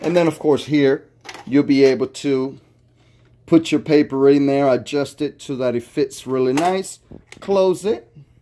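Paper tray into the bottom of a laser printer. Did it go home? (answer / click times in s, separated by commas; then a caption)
no / none. Someone talks while paper is loaded into the plastic paper tray of a Dell E525w Color Multi-function Laser Printer, adjusted to fit, and the tray cover is closed before it goes back into the bottom of the printer. Speech fills most of the clip, with only faint handling sounds. The tray has not yet snapped home, and nothing has seated or clicked.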